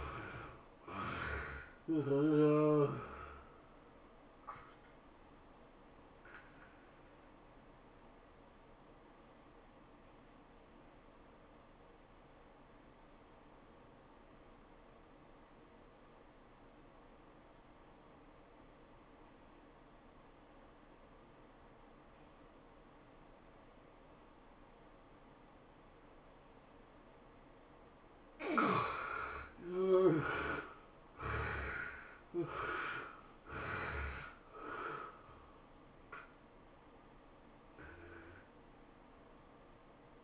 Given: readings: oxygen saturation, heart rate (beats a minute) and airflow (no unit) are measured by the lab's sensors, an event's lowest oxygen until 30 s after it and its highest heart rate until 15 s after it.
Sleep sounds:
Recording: breathing in sleep by a voice recorder at the bedside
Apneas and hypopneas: 1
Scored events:
11.00-29.80 s: obstructive apnea (N1, oxygen 96% highest, then 72% lowest, heart rate 93 at the start, 107 highest)
From the record:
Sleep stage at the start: N1 (lightest sleep)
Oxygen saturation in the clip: 73 to 96%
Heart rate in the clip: 83 to 107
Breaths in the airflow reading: 6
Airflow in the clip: -13.8 to 15.9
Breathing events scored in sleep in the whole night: 403 in 5.5 hours asleep

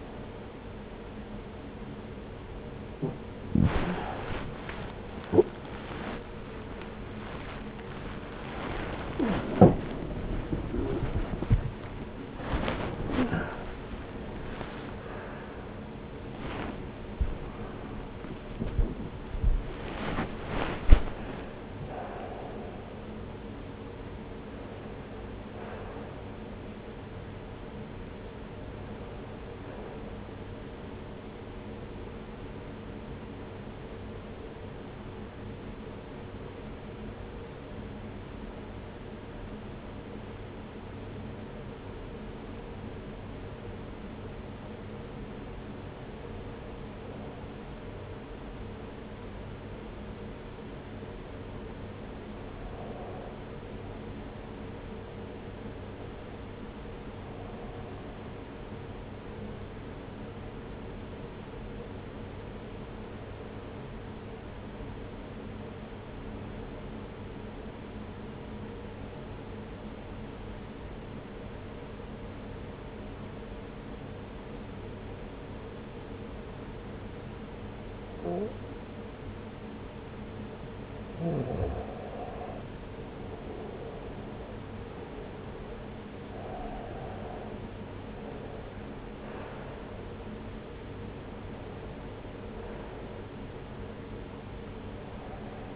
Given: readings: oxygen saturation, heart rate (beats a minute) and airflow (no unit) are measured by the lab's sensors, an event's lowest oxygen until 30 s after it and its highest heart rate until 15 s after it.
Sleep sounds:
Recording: breathing in sleep by a voice recorder at the bedside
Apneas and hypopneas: 1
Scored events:
15.00-45.00 s: new sleep stage, awake
17.00-47.00 s: awake
34.00-82.90 s: hypopnea (scored as awake, oxygen 97% highest, then 87% lowest)
45.00-95.76 s: new sleep stage, N1 (lightest sleep)
From the record:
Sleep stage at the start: REM sleep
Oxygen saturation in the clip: 90 to 97%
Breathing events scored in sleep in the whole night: 303 in 8.1 hours asleep

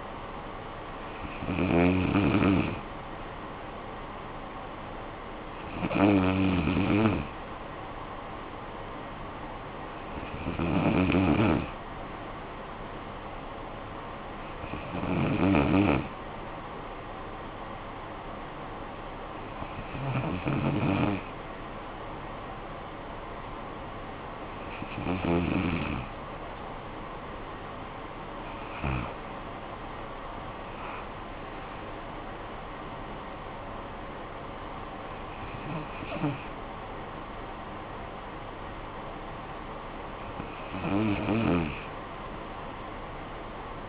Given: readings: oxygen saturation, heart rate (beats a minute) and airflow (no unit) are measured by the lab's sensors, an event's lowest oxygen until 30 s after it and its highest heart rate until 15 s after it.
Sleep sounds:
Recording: breathing in sleep by a voice recorder at the bedside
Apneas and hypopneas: none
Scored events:
none scored
From the record:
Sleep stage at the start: N1 (lightest sleep)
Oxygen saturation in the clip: 94 to 95%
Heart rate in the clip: 53 to 67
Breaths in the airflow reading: 9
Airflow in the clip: -12.4 to 9.5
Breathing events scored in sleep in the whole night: 445 in 7.6 hours asleep

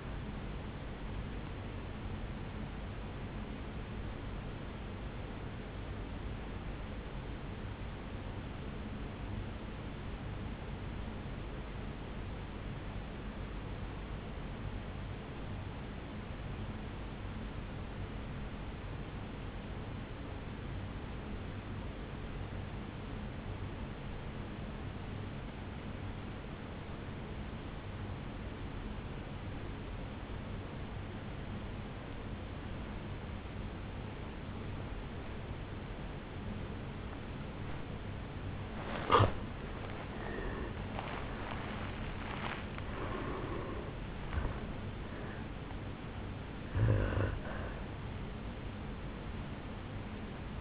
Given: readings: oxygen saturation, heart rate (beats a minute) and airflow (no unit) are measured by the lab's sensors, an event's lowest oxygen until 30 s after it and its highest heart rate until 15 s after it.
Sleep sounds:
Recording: breathing in sleep by a voice recorder at the bedside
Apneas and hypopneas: 1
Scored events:
3.00-50.61 s: new sleep stage, N1 (lightest sleep)
4.00-38.40 s: hypopnea (N1, oxygen 97% highest, then 81% lowest, heart rate 66 at the start, 77 highest)
From the record:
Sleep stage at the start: N2 (light sleep)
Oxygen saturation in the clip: 81 to 97%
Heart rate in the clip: 51 to 78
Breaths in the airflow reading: 7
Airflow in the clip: -11.7 to 11.1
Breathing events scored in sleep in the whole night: 449 in 7.0 hours asleep

